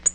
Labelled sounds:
Tennessee Warbler (Leiothlypis peregrina) flight call

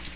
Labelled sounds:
Cape May Warbler (Setophaga tigrina) flight call

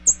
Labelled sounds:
American Redstart (Setophaga ruticilla) flight call

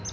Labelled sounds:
Palm Warbler (Setophaga palmarum) flight call

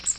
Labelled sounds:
Magnolia Warbler (Setophaga magnolia) flight call

